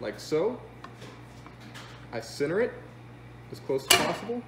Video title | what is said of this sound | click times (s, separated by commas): How to Screen Print | it's easy to work with and I slide the flood bar in it pops in like | 0.8 s